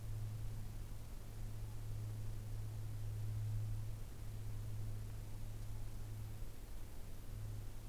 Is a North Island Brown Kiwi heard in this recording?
no